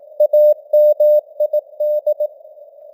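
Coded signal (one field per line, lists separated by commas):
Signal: Morse code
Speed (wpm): 18 wpm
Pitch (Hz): 600 Hz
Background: none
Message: AMID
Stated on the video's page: Simulated morse news headlines at 18 wpm with artificial radio noise and varying signal strength (QSB).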